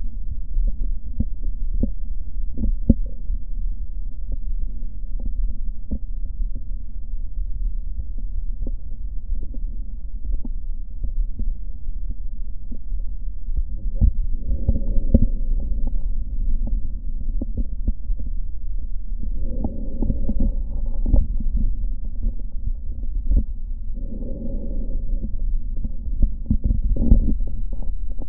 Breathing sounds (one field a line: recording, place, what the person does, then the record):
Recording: lung sounds by stethoscope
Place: right posterior basal chest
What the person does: quiet breathing, then deep breathing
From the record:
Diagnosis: none (healthy)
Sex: male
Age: 30 years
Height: 190 cm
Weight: 88 kg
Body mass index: 24.4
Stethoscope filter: diaphragm mode